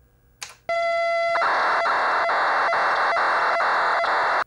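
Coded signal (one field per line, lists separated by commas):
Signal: computer data on cassette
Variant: TI-99/4A tape format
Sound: harsh continuous data hiss with a steady high tone and regular brief beep-like interruptions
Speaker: if you listen carefully you hear a periodic beep beep beep among all the other data those are the headers that you're hearing listen to this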